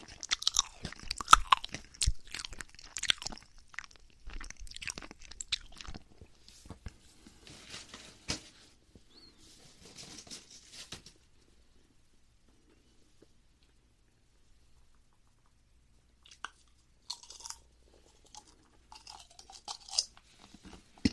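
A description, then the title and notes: Crispy snack being crunched, dense bright bites for the first ten seconds, then near silence before scattered crunches return around seventeen seconds. 4 layered crispy snack eating sound. No talking asmr 말없이 4겹 꼬북칩 먹어보기.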